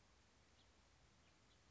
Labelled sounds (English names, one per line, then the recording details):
House Finch
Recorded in Sonoma County, California